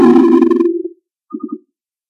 A triplet of tummy gurgles.